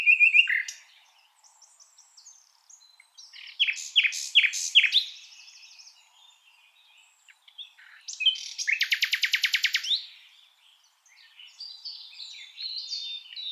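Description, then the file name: Common nightingale singing in separate bursts: a sharp opening phrase, a series of loud descending chirps, then a long, very rapid rattling trill and softer phrases after. "Luscinia megarhynchos"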